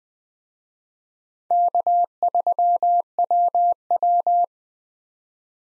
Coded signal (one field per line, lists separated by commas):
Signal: Morse code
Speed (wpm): 20 wpm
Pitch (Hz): 700 Hz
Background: none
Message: K3WW